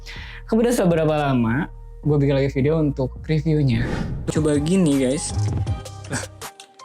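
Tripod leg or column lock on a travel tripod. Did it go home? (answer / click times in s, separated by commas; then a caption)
no / none. Someone talks over music while trying the leg or column lock on a fully modified Takara Rover 77 travel tripod, followed by a few faint handling knocks near 6.0–6.8 s. Nothing has clicked or locked yet; the lock fails to lock straight away because a broken plastic part has a gap, so the section droops when lifted.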